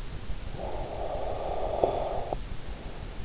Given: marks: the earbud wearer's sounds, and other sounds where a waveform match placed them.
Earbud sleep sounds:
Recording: sounds in sleep by an in-ear microphone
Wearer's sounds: snoring breath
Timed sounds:
0.46-3.07 s: snoring breath

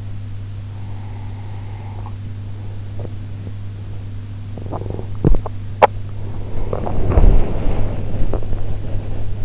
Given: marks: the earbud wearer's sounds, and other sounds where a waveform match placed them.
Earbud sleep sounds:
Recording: sounds in sleep by an in-ear microphone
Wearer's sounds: breath, teeth grinding, body movement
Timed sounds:
0.65-2.19 s: breath
4.42-6.11 s: teeth grinding
6.11-9.45 s: body movement

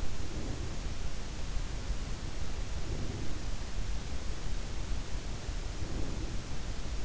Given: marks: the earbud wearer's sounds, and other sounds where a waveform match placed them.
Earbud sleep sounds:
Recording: sounds in sleep by an in-ear microphone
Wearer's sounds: breath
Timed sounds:
0.00-1.07 s: breath
2.63-3.66 s: breath
5.59-6.59 s: breath

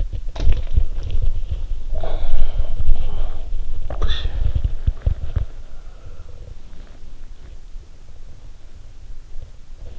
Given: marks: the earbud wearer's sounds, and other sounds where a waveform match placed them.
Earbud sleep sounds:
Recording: sounds in sleep by an in-ear microphone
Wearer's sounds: body movement, breath, talking in sleep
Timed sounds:
0.00-5.42 s: body movement
1.71-3.62 s: breath
3.80-4.65 s: talking in sleep
9.48-9.99 s: sound from someone else or the room

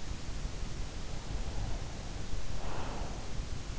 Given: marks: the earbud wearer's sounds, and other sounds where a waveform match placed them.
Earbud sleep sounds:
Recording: sounds in sleep by an in-ear microphone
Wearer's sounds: breath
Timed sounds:
1.09-3.60 s: breath

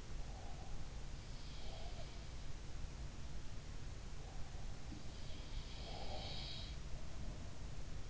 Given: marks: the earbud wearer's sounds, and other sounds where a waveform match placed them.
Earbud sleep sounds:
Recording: sounds in sleep by an in-ear microphone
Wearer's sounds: breath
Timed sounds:
0.09-2.30 s: breath
5.68-7.04 s: sound from someone else or the room
7.58-8.10 s: sound from someone else or the room

